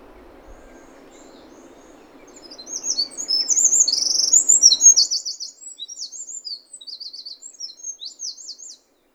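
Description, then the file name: Eurasian wren song: a loud, very high, rapid run of sharp notes and buzzy trills lasting about six seconds, over a steady low hum that stops midway. "Troglodytes troglodytes"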